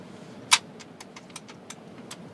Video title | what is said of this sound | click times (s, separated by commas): Ep.210 FULL Episode: An accidental naked swim with a crocodile | and make sure it clicks. | 0.5 s